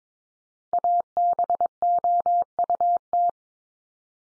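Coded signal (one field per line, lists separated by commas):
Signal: Morse code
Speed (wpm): 22 wpm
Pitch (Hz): 700 Hz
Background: none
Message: ABOUT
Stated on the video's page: Top 500 English words at 22 wpm, each sent three times in Morse, then spoken, then sent again, for head-copy practice.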